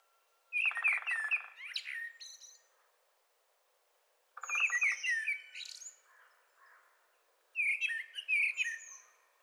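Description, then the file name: Common blackbird phrases: a low throaty rattle followed by bright squeaky twittering notes, twice, then a third burst of twittering, with pauses of a few seconds between, over a quiet background. "Turdus merula"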